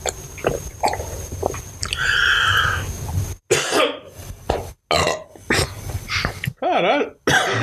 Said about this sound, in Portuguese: Eu tossi, interrompeu a tosse e arrotei.